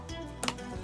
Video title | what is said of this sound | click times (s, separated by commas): How to: Setup MDC XT12/XT12DB Offroad Caravan(old ver.) | you'll hear it click | 0.4 s